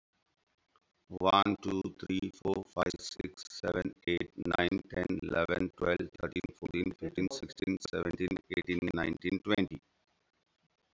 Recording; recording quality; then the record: counting at a normal pace; excellent, no background noise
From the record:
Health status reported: COVID-19 positive, mild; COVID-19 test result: positive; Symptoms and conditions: hypertension, diabetes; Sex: male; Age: 54 years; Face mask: not worn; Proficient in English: yes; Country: India